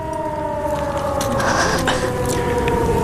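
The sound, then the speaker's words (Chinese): An alarm siren sounding as the ship Cricket enters Nanjing harbour drones loudly and steadily throughout, a sustained harmonic tone whose pitch wavers slightly partway through, with no voices present. “就在日寇头子抬手命令准备射击时，突然响起了警报声。”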